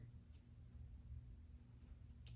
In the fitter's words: so and then you hear that satisfying click and you know they're in there